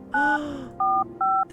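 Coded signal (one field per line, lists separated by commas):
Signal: DTMF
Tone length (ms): 250 ms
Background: speech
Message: 945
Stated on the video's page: From No, I'm Not a Human gameplay.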